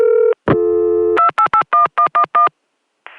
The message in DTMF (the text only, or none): 2881111